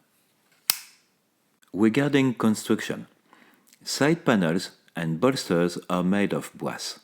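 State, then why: Seated. A Buck 110 lockback folding knife, with a steel blade and a brass and wood handle, is opened until its lock bar engages the blade. A single sharp, loud snap at 0.7 s shows the blade has locked in place. Someone then talks after a short silence.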